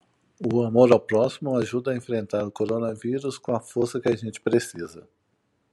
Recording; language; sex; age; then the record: spoken sentence; Brazilian Portuguese; male; 50 to 59 years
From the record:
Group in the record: control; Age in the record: 51 years